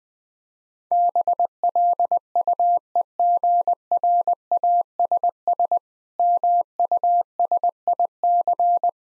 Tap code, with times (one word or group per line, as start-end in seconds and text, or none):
none